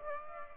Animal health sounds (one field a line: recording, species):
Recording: mosquito wingbeat signal from an infrared sensor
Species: Aedes aegypti